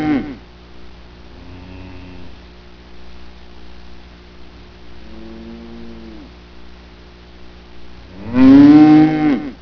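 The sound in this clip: Cow mooing: two soft, low drawn-out moos, then a loud moo near the end, over a steady low background hum.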